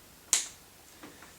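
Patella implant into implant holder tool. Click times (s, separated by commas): 0.3 s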